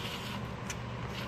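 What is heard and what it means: A spar or bar part of a model wing is pressed down into its slot with a thumb, the thumb running along the part while pushing. A small sharp click sounds at 0.7 s over a steady background hum as the spar pops into place and seats.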